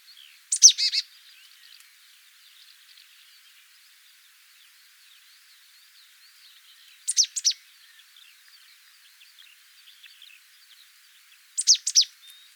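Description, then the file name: Marsh tit giving three brief bursts of sharp high notes, spaced several seconds apart. "Poecile palustris"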